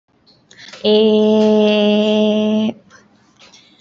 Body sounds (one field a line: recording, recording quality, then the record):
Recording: sustained vowel as in made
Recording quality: excellent, no background noise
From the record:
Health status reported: healthy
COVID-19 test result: negative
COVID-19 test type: RT-PCR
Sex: female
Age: 19 years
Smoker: no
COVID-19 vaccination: both doses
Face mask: worn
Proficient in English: yes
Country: India